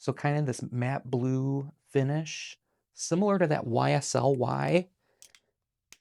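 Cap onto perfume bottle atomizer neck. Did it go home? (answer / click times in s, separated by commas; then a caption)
yes / 5.9 s. Someone talks, then a matte blue cap is pushed back onto a perfume bottle over its atomizer neck, with a few faint ticks at about 5.2 and 5.4 seconds. A sharp click at 5.9 seconds marks the cap seating firmly in place.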